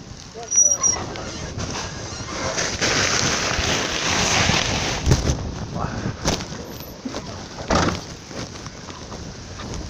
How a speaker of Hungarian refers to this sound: Elég hideg szél fúj.